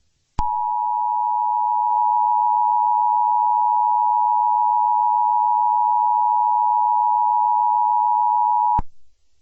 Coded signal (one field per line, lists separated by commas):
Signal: Emergency Alert System (SAME) tones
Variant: 853 and 960 Hz attention tone